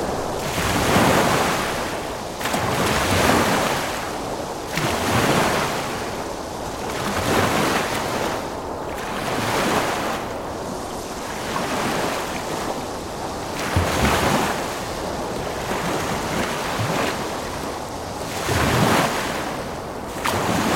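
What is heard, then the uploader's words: Water laps against a lakeshore in steady, rhythmic swells every couple of seconds, with a constant rushing breeze through trees underneath. Lake Shore Breeze: Relaxing Windy Day Sounds. We take you on a journey to the lake shore on a windy day, where you can hear the peaceful sounds of the breeze blowing through the trees and the gentle lapping of the water on the shore. This episode features only natural soundscapes with no dialogue or voice.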